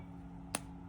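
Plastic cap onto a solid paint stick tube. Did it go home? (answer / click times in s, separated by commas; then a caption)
yes / 0.5 s. A plastic cap is pushed onto a solid paint stick's plastic tube after the paint has been rolled down level with the tube. A single short, sharp click sounds at 0.6 s over a faint steady low hum. The cap clicks shut and seats without squishing the paint inside.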